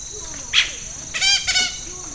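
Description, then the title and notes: Yellow-rumped cacique giving one short bright note, then a strongly harmonic two-part call, over a steady high drone. Bird in Amacayacu National Natural Park, Amazonas, Colombia; imitates other birds, frogs and even the sound of a machete being sharpened. "Parque Nacional Natural Amacayacu, Amazonas, Colombia - Pájaro Arrendajo. Este pájaro imita a otras aves, ranas y hasta machete afilando"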